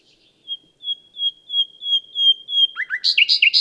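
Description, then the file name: Common nightingale song: a slow series of clear piping whistles on one pitch, swelling in volume, ending in a quick burst of harsher notes. "Luscinia megarhynchos"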